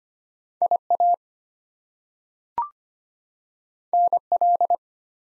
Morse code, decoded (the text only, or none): IA NL